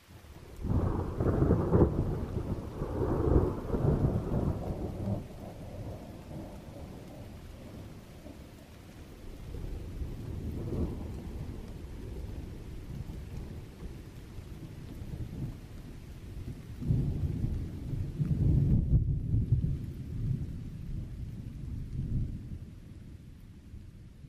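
Steady drizzling rain, falling since the previous morning under a sky full of dark clouds, hisses throughout while deep rolls of thunder swell and fade, with heavy rumbling bursts near the start and again toward the end. No voices are heard.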